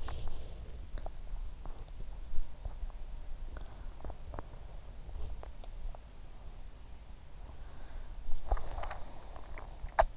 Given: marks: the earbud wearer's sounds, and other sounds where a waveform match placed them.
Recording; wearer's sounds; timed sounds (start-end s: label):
sounds in sleep by an in-ear microphone; breath, swallowing, cough or throat clearing or sniffle
0.00-0.71 s: breath
0.89-5.86 s: swallowing
8.42-9.81 s: swallowing
10.00-10.17 s: cough or throat clearing or sniffle